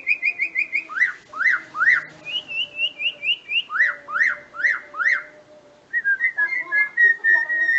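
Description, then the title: Black-winged myna song: clear whistled notes repeated rapidly, then a run of rising-and-falling slurred whistles, a bright high series, more rising-and-falling slurred whistles, and after a pause a varied chattering close. Dense, continuous song with many variations, used as a model recording for training other birds to sing. "Kicauan Rapat Jalak Putih Gacor Banyak Variasi Untuk Masteran"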